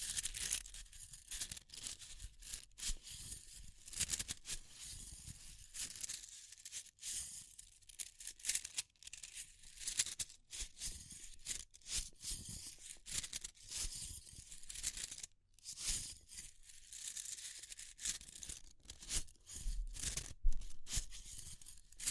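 Fire crackling fills the clip with dense, irregular pops and snaps that never settle into a rhythm. Bright, papery crackle runs throughout, broken by brief quiet gaps, with a low rumble underneath and sharper louder snaps near 15 and 21 seconds.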